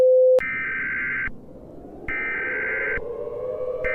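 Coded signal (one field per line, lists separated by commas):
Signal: Emergency Alert System (SAME) tones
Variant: header bursts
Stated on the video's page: Fictional EAS scenario in analog-horror style, not a real alert.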